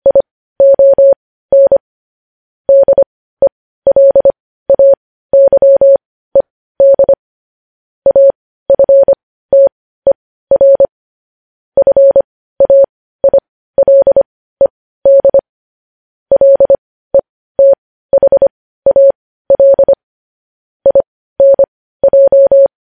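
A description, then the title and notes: Morse code beeps in a steady pitched tone, short dots and longer dashes grouped with brief pauses, clean and continuous over silence. Morse code transcription.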